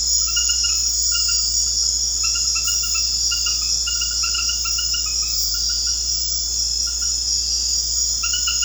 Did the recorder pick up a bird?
no